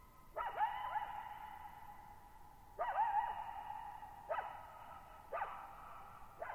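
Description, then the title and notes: Coyote calling with wavering howls and short yips, echoing strongly, with bursts arriving roughly every one to three seconds over a quiet background. Lone coyote at night, July 14, 2019, Thirtymile Meadows, Okanogan National Forest, Okanogan High Country, 6400 ft; dry high plateau, bowl-shaped meadow, boggy ground, very quiet, highly reverberant. "Lone Coyote at Thirtymile Meadows. I spent the night of July 14, 2019, camped near Thirtymile Meadows in the Okanogan National Forest at 6400 ft (1950 m)"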